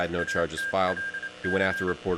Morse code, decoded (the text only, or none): ATLC